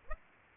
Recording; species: mosquito wingbeat signal from an infrared sensor; Aedes aegypti